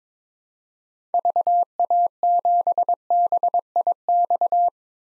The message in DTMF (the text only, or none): none